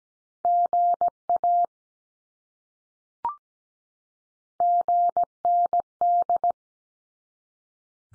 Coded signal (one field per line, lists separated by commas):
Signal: Morse code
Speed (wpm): 17 wpm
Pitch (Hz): 700 Hz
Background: none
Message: GA GND